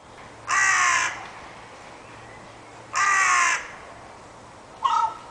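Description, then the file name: Carrion crow calls: two harsh, hoarse caws about two and a half seconds apart, then a third caw begins at the end. "Corvus corone"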